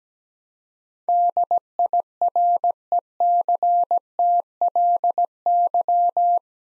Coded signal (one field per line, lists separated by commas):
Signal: Morse code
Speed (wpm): 17 wpm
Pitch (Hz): 700 Hz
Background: none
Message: DIRECTLY